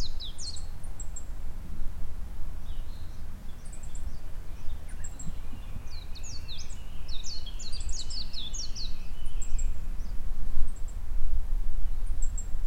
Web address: daibosatu sound mejiro